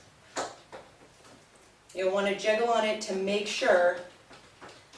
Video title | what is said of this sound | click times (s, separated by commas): TFK Joggster Twist - ¿Cómo Montar el Carrito? - Babydea.com | and you want it to be in there you need to hear it click into place | 0.4 s